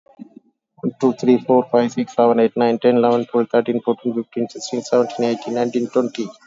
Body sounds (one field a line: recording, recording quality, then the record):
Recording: counting at a fast pace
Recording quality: excellent, no background noise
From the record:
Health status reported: COVID-19 positive, moderate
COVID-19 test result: positive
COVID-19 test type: RT-PCR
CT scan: taken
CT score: 13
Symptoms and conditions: cough, cold, breathing difficulty, sore throat, fatigue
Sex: male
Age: 48 years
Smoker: no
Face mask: worn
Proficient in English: yes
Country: India